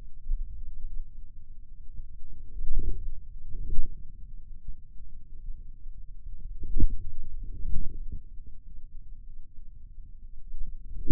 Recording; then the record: forearm muscle sounds (acoustic myography)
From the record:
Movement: inward rotation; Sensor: system 2, bracelet of six BSWA MPA416 microphones around the upper forearm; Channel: 2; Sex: male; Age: 22 years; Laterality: right